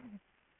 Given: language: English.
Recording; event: throat vibration sensor signal played as sound; throat clearing